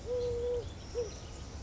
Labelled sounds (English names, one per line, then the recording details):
Eurasian Collared Dove
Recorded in Sonoma County, California